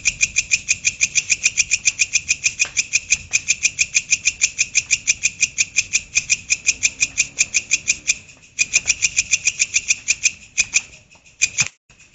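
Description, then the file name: Grasshopper stridulation: rapid rasping high-pitched pulses about three per second, broken by a short pause after eight seconds, then resuming unevenly before stopping. "belalang kerek"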